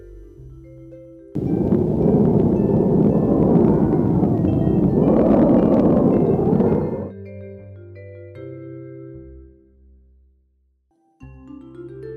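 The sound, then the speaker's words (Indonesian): A strong wind rushes loudly for about six seconds in a steady, swelling roar, then cuts off, leaving soft tonal music playing before and after the gust. “Ya, itu adalah suara angin yang berdesir kencang.”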